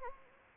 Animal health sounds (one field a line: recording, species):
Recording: mosquito wingbeat signal from an infrared sensor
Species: Anopheles gambiae